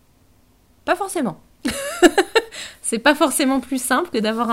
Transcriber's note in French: rire